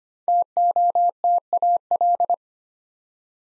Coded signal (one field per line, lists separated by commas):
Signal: Morse code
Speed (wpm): 25 wpm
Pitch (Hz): 700 Hz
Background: none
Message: TOTAL